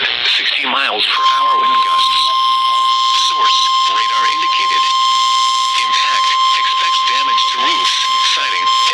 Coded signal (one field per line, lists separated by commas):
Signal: Emergency Alert System (SAME) tones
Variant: 1050 Hz attention tone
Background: speech